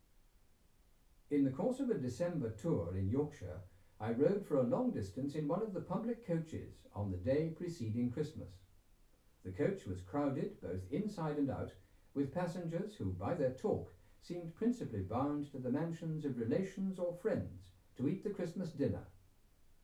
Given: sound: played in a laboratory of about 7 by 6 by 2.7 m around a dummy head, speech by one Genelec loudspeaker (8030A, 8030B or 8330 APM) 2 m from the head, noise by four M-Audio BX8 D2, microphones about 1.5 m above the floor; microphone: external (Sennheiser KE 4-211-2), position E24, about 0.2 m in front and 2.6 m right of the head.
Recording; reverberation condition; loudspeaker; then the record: male speech in English; low; 150 degrees to the right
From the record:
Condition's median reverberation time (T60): about 310 ms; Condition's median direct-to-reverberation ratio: about 3.5 dB